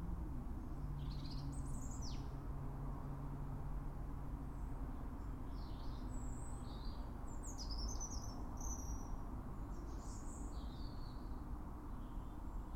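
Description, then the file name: European robin song: thin, high twittering phrases with sliding whistles and quick trills, given in short bursts over a steady low rumble. "Erithacus rubecula"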